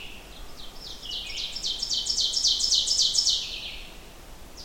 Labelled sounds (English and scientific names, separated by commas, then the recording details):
Ovenbird (Seiurus aurocapilla) song
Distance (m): 10 m
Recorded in boreal forest in Alberta, Canada, on 14 June 2016 at 07:21
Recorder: SongMeter 3, array SBT-3-33
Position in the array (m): 100 m, 139 m
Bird 21